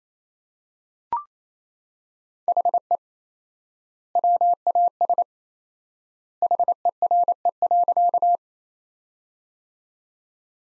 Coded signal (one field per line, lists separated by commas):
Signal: Morse code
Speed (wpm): 28 wpm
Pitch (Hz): 700 Hz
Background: none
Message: HE WAS HERE.